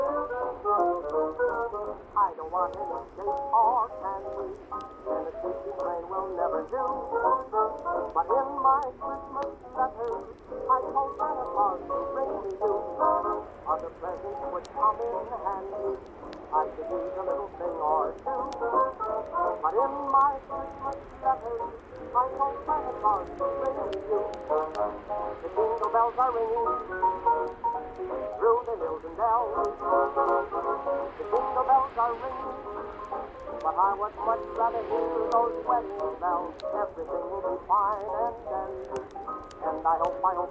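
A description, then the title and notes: Oldies music plays softly from another room, muffled so that only the middle of the sound comes through, with no clear highs or deep bass. The melody and a voice-like line run steadily for the whole stretch at an even, low level. Oldies music playing softly from another room.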